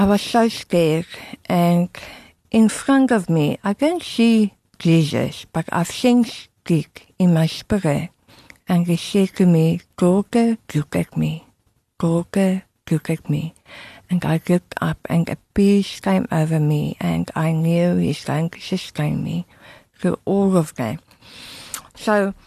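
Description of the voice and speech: A woman speaks at an even pace with warm voicing. Her tongue-tip sounds are distorted: 'l' and 't' shift to back 'g' or 'k' sounds, 's' turns to 'sh', and there is some nasal tone. This is speech after tongue removal for tongue cancer, with reconstruction using a radial forearm free flap and later speech therapy. It remains largely understandable.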